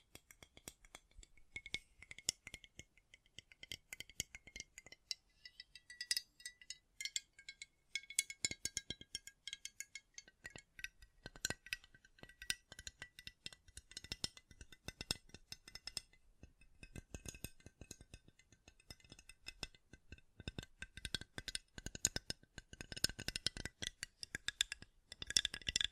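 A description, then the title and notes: Tapping sounds run through the whole recording as rapid, dense clusters of sharp clicks and rattling taps with short irregular pauses. The taps carry a bright, clinking edge with a faint ringing tone. Activity thickens and grows louder toward the end. ASMR Great Tapping Sounds for Sleep (No Talking).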